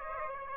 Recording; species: mosquito wingbeat signal from an infrared sensor; Aedes aegypti